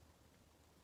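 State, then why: Not seated. A Ring video doorbell is hooked onto the top of its plastic wall mounting back plate and pressed at the bottom toward its clip. Only a steady, low broadband hum with some low-frequency rumble is heard, with no sharp transients. Nothing has seated or clicked yet.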